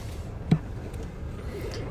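The plastic retaining clips on each side of a VW Passat rear blinker bulb holder are pushed back into the tail light housing, giving a sharp click at 0.5 s and a softer one at 1.7 s over a low steady background hum. Both clips are seated.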